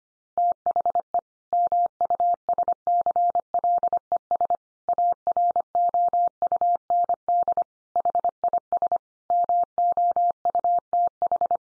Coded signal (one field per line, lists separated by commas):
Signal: Morse code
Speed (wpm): 25 wpm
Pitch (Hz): 700 Hz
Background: none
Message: THE MUSCLES AROUND HIS MOUTH